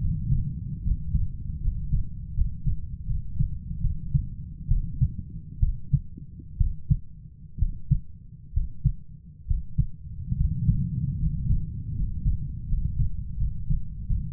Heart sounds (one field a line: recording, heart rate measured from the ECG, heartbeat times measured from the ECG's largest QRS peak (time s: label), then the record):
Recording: heart sounds by stethoscope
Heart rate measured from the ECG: 73 bpm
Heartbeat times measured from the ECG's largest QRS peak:
0.83 s: heartbeat
1.60 s: heartbeat
2.33 s: heartbeat
3.06 s: heartbeat
3.80 s: heartbeat
4.67 s: heartbeat
5.59 s: heartbeat
6.57 s: heartbeat
7.58 s: heartbeat
8.53 s: heartbeat
9.46 s: heartbeat
10.36 s: heartbeat
11.18 s: heartbeat
11.94 s: heartbeat
12.66 s: heartbeat
13.36 s: heartbeat
14.06 s: heartbeat
From the record:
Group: healthy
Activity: cold pressor test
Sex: male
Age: 23 years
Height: 178 cm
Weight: 96.6 kg